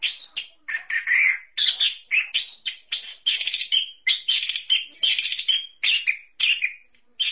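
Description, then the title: Thrush giving rapid chattering song phrases with short pauses, the notes warbled and slightly harsh, repeated in a lively rhythm. "burung anis x"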